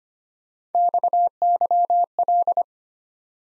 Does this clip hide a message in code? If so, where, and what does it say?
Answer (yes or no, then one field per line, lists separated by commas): yes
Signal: Morse code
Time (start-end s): 0.7-2.6 s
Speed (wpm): 32 wpm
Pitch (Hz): 700 Hz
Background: none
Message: XYL